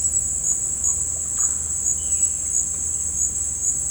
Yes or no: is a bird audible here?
yes